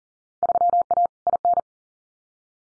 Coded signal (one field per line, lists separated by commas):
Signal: Morse code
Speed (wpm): 40 wpm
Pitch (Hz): 700 Hz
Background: none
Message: 3A IN